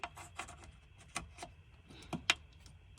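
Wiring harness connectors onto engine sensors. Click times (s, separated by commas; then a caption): 2.3 s. Plastic wiring harness connectors are pushed back onto the engine sensors of a B18C1-swapped 1997 Honda Civic after its coolant sensors are changed and the air intake is refitted. Soft rubbing and handling noises come with a few small ticks, then a sharp click at 2.3 s shows the connectors have seated.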